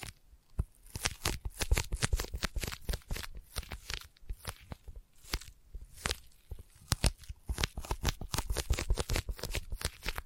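Sticky tapping fills the clip with fast, dense clicks and small tacky peeling sounds, crisp and bright at the top. The taps come in irregular bursts with brief pauses, especially around four and six seconds, then pick up again near the end.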